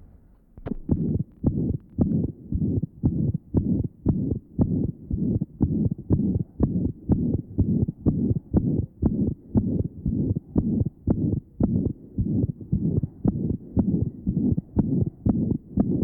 Loud ejection sound harsh ejection systolic murmur, and the wide splitting of the second sound.